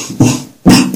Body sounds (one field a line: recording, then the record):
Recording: coughing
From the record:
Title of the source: Spring Cold Coughing 3